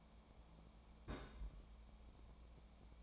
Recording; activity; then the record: daily activity, microphone in the room; place on stove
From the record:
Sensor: 1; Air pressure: 1000.0 hPa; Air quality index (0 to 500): 134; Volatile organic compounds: 2 ppm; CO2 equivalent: 1270 ppm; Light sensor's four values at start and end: 41/103/43/54 and 41/103/43/54